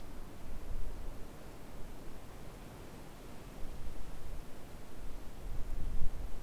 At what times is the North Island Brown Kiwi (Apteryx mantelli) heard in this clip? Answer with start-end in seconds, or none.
none